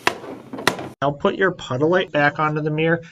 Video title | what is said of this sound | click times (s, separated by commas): Dodge Ram Signal & Running Light Switchback Tow Mirror Light - (2019+ Ram 5th Gen 1500) | then take the lower glass and line it up with the lower glass mount and press fit it down snapped into place | 0.1 s, 0.7 s